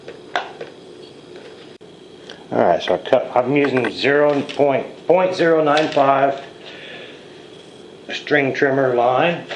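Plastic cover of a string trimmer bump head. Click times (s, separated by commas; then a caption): 0.4 s. After the inner parts are put back, the plastic cover of an auto-winder bump head on a string trimmer, which uses 0.095 trimmer line, is slapped back on. It snaps home with a loud, sharp click at 0.4 s, with fainter taps around it. Someone then talks.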